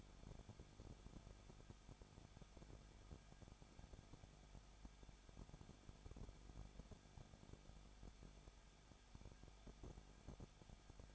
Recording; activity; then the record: daily activity, microphone in the room; no activity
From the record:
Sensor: 5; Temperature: 20.9 degrees Celsius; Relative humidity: 35.1%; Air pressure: 994.6 hPa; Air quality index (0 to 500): 153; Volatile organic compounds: 2 ppm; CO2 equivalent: 1281 ppm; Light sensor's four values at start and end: 2/3/1/1 and 2/3/1/1